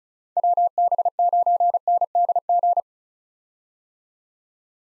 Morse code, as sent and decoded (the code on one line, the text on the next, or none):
.-- -... ----. -. -.. --.
WB9NDG